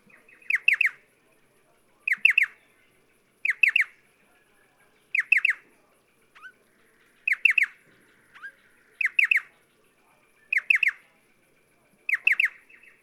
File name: Pardalotus Striatus